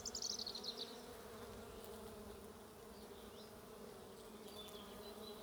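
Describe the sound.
Bee buzzing as a continuous low drone, opened by a quick high bird trill in the first second, with a few faint chirps later.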